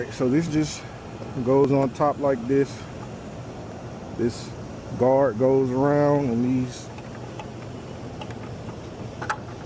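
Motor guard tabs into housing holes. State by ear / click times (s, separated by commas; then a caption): seated / 9.2 s, 9.3 s. While reassembling a Carrier Eco Blue air-conditioner fan motor, a guard is fitted around the motor so its small tabs snap into the mounting holes in the housing. Someone talks through most of the clip over a steady background hum, and a few light taps follow. Two close clicks at 9.2 s and 9.3 s mark the tabs seating in the holes.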